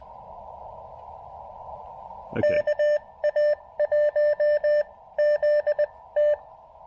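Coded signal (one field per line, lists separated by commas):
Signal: Morse code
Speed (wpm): 22 wpm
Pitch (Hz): 590 Hz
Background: none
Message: KA1ZT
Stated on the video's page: QRP Morse during a POTA park activation at a state forest on a rainy day.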